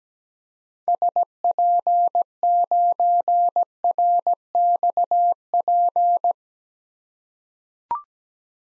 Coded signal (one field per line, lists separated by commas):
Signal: Morse code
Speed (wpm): 17 wpm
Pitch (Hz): 700 Hz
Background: none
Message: SP9RXP